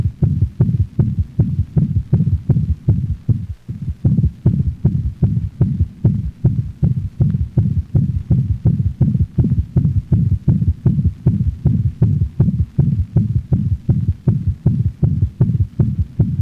Heart sound may be muffled by the loud murmur, and the third sound is intense enough to be confused with the second heart sound. A dog in heart failure. The third heart sound is a low-frequency sound that gives the impression of a thud after the murmur.